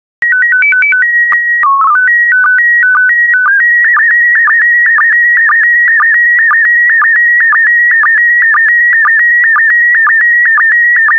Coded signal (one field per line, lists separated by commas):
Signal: SSTV (slow-scan television)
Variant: PD 120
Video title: 3055 World War II Planes SSTV PD120